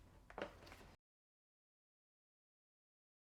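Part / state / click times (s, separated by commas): hose quick-connect fitting into a battery pressure washer / seated / 0.3 s, 0.4 s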